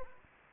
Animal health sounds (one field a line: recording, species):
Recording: mosquito wingbeat signal from an infrared sensor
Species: Anopheles gambiae